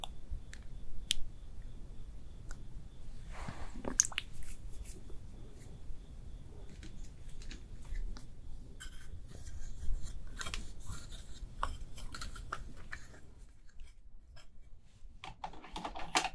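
A makeup artist works without talking, making soft brushing, rubbing and light scraping sounds. Brief crisp clicks and taps come every second or two, with a small cluster near four seconds and around ten, over a faint low rumble that drops away near the end.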